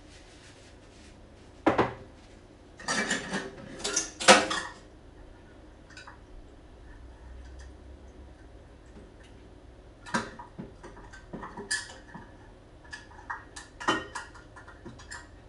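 Kitchen sounds from making banana bread: sharp clinks and clatters of dishes and utensils come in bursts, busiest around the second to fifth seconds and again from ten to fifteen seconds. Between them a quiet low hum fills the pauses.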